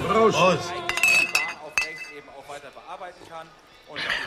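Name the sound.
glasses clinking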